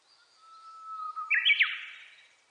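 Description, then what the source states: Japanese bush warbler song: a drawn-out steady whistle building in volume, ending in a sharp, tumbling flourish of clear notes. Recorded on 29 April 2001.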